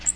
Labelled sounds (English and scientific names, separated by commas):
Magnolia Warbler (Setophaga magnolia) flight call